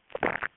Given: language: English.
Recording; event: throat vibration sensor signal played as sound; swallow